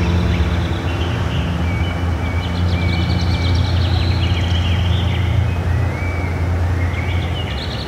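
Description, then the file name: Birds sing clear rising whistles and short twittering notes at irregular intervals, heard over a dense low-pitched rumbling background. Forest setting. "Zzz ASMR - Birds and Forest Pt 1"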